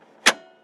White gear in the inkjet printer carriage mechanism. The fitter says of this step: that click now